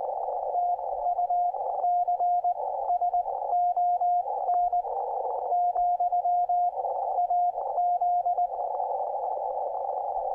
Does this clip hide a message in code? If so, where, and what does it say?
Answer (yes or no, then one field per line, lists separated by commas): yes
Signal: Morse code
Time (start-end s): 0.6-8.5 s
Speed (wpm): 20 wpm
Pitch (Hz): 710 Hz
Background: none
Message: TUCSON, AZ